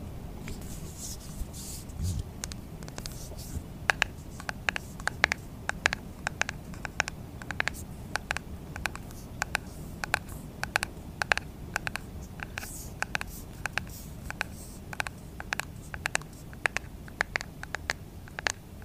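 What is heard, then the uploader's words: Light tapping on a skincare product container, a string of quick, sharp clicks that come irregularly, sometimes in bunches, through the whole recording. The taps are bright and short. Beneath them runs a steady low rumble that barely changes. Skincare product tapping. Blue yeti microphone.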